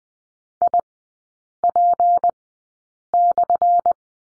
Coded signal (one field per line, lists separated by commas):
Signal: Morse code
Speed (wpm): 20 wpm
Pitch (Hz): 700 Hz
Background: none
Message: IP/